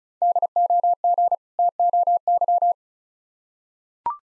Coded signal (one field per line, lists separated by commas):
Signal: Morse code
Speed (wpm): 36 wpm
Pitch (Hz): 700 Hz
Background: none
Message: DOG TOY